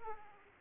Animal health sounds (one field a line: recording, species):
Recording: mosquito wingbeat signal from an infrared sensor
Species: Aedes aegypti